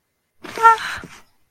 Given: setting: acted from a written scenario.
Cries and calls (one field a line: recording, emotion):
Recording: vocal sound without words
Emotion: distress